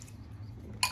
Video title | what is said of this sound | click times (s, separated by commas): Real Family Sh*T Podcast - QnA With Board Certified Health Coach (Sponsored) | pops right in super cool feature one thing i want to highlight though for the straw | 0.8 s